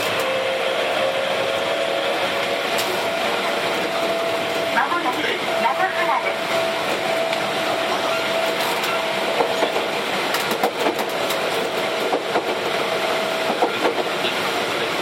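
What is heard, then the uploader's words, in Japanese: Steady roar of a Tokyu 7700 series train running from Kamata toward Gotanda, with a thin motor whine and occasional rail clicks. 東急7700系 蒲田→五反田。東急7700系（7001F）蒲田→五反田。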